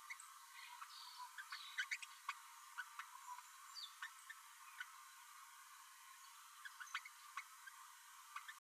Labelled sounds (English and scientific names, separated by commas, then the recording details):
Green-rumped Parrotlet (Forpus passerinus) babbling
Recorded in a nest box in Venezuela
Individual 18B12A3